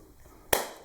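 A plastic rear cover is pressed back onto a Tefal steam iron body over the cord entry during a cord replacement. After a quiet stretch, one sharp snap lands at 0.5 s, and its ring fades over about 0.3 s. The cover is seated.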